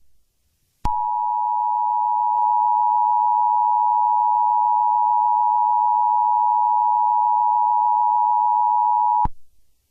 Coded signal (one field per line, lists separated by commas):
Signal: Emergency Alert System (SAME) tones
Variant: 853 and 960 Hz attention tone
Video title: Eas Scenario -its just the beginning?